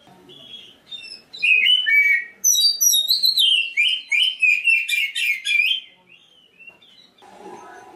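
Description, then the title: Oriental magpie-robin song: a few soft notes, then a vigorous burst of rapid, rhythmic whistled phrases, some softer notes, and a short noise at the end. Black-breasted form of the magpie-robin. "Kacer dada hitam"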